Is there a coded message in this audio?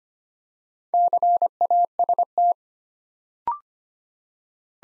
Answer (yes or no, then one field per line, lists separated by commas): yes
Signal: Morse code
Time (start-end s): 0.9-2.5 s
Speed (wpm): 25 wpm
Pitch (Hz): 700 Hz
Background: none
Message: CAST